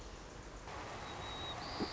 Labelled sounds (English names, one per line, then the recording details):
White-crowned Sparrow
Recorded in Sonoma County, California